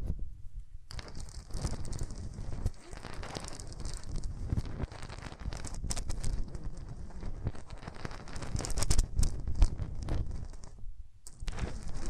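Hands rub over ears in a dense, continuous rustling with a deep rumble underneath and a bright hiss on top. The friction swells and fades in uneven strokes, with a brief quiet at the start and a short pause near eleven seconds.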